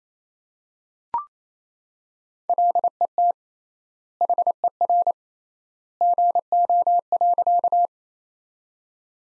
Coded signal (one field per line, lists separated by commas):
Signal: Morse code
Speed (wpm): 27 wpm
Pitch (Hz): 700 Hz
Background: none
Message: LET HER GO.